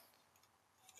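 A small keyed plastic part for a 1:8 scale 1966 Batmobile model car (Fanhome/DeAgostini build) is handled and pushed toward the shaped keyway hole in a bracket on the chassis; the part is a little fragile. Quiet handling noise is heard, with faint light ticks around 0.4 s and 0.9 s. The part has not seated or clicked into place yet.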